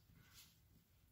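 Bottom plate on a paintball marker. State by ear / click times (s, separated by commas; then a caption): not seated / none. The bottom plate of an RTI Prophet II 5.5mm paintball marker is tucked under the edge and pushed on, hoping it will click into place. Only a low rumble and a faint broadband scrape or swish are heard, strongest around 0.4 s, with no sharp transient. The plate has not seated or clicked yet.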